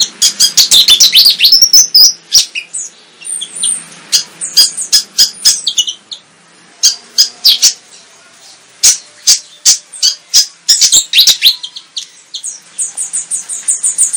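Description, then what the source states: Flycatcher song: rapid, very high chirps and sharp clicking notes in dense bursts, with short pauses and a thin buzzy trill near the end. Indonesian 'tembakan' (rapid-fire burst) song style; bird described as 'gacor', singing vigorously.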